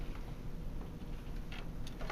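A replacement plastic fuser assembly, fitted because the old fuser came apart, is pushed into a laser printer over a steady low background hum. Small plastic clicks sound at 1.5, 1.9 and 2.1 seconds as it snaps into place and is seated.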